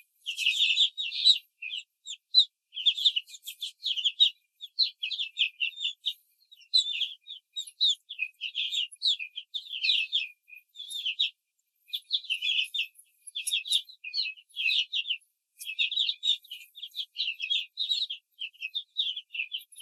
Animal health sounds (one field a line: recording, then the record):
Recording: young laying hens in a cage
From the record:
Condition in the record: control cage, after the stress test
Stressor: none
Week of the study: 4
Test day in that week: 1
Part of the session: 3